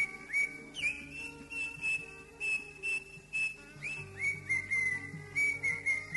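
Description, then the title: Greater green leafbird song: clear whistled notes near one pitch, repeated about twice a second, some with short rising slurs, over a faint steady low hum. "Cio. Burung Cucak Ijo"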